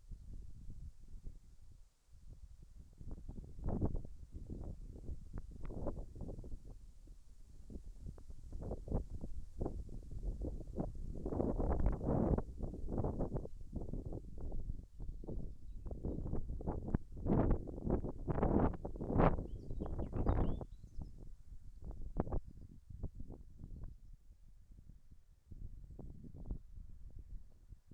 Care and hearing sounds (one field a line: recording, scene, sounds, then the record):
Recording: everyday scene through a hearing-aid microphone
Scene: wind on the microphone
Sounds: wind, birds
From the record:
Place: in front of a rural house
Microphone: behind the ear, right, front